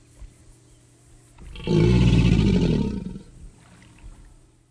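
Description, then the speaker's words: American alligator bellow, one deep, rumbling, gargling roar lasting about a second and a half. Typical mating bellow, produced to signify territory and to attract mates; a deep rumbling gargle. "Here is Alligator Mississippiensis making one of these bellows, the American alligator, by George B. Reinard"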